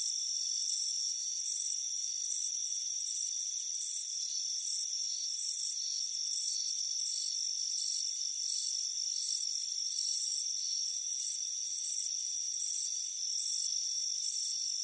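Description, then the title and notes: Crickets chirp in repeated high pulsed bursts above a continuous shrill background hum. Warm afternoon on a front porch. "Soothing Crickets Chirping Sound. It's a warm afternoon as you relax in a hammock on the front porch. Relax and fall asleep to the soothing sound of chirping crickets"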